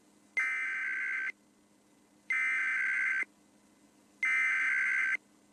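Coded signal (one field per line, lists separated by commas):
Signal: Emergency Alert System (SAME) tones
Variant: header bursts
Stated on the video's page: Iowa Required Monthly Test originated from an AM station and relayed to all Iowa radio and TV stations; one test caught on live stream.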